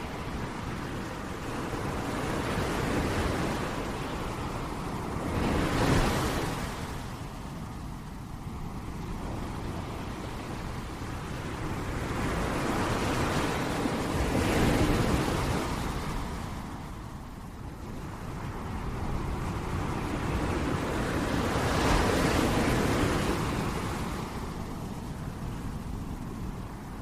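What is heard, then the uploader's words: Waves wash onto a beach in slow, rolling surges, cresting about every eight seconds, near 6, 15 and 22 seconds. Each swell rises into a soft hiss of surf and then eases back. A steady low rumble of water fills the gaps between. Waves Crashing on Beach at Night. Gentle wave sounds.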